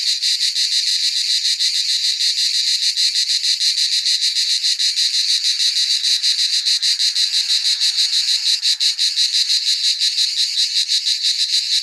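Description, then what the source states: Cicada song: a loud, high, steady drone with fast pulses running throughout. Recorded in Gelendzhik.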